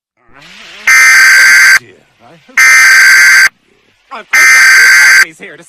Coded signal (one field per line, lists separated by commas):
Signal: Emergency Alert System (SAME) tones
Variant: header bursts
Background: speech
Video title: EAS Mock - Tornado Watch, Half weird, half normal